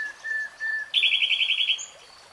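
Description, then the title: Nightingale song: soft drawn-out whistles followed by a loud rapid trill of repeated notes and a high closing note. Nightingale singing in real time. "[Tiếng chim hót] 3 Hours REALTIME Nightingale Singing"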